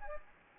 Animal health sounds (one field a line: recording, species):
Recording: mosquito wingbeat signal from an infrared sensor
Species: Anopheles gambiae